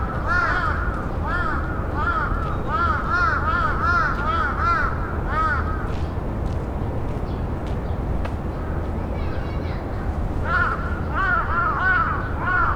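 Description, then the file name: Raven calls: hoarse caws in quick bursts for the first six seconds, then another run near the end, over a constant low rumble. "rabe"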